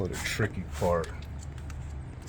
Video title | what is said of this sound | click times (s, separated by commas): Audi 3.0T Lower Heatrange Sparkplugs Install | get these coil packs off you heard that snap what I did was I pushed in | 1.7 s